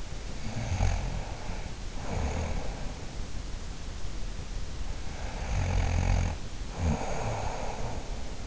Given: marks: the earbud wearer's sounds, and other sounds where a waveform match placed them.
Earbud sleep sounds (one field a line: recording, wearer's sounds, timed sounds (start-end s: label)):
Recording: sounds in sleep by an in-ear microphone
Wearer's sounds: snoring breath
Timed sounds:
0.56-3.40 s: snoring breath
5.21-8.47 s: snoring breath